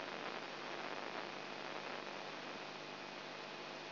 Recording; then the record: brain microelectrode recording played as sound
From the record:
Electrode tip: inside the subthalamic nucleus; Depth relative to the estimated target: -3 mm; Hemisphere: right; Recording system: AlphaMap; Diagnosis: Parkinson's disease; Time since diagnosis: 9 years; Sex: male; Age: 58 years